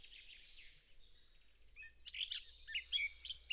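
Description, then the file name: Eurasian blackcap with soft, subdued warbling at first, then a louder, livelier run of clear whistled and chirping notes from about halfway. "Sylvia atricapilla"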